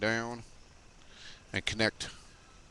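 Someone talks while the plastic pelvis section of a transforming robot action figure is spun down and connected toward the figure's lower body. Nothing has seated or snapped into place yet.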